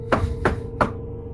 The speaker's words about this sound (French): Vous entendez même, j'ai envie de dire. Ça vient de toquer à la porte.